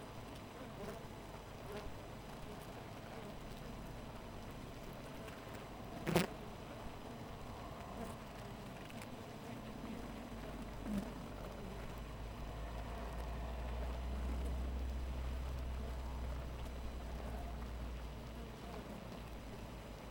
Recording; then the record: honeybee colony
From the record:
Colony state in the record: missing queen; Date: 14 July 2017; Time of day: 4:07